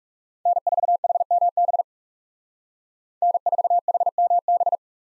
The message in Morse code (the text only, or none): N4HMB N4HMB